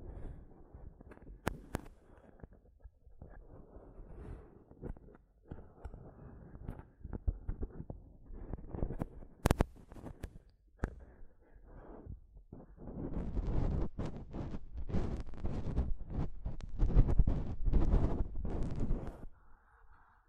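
Tapping and scratching on a microphone: sharp knocks and thuds land irregularly across the first half, with a few bright cracks near 1.5 and 9.5 seconds. After about 13 seconds the handling grows louder and denser, rough scraping and bumps running together until near the end.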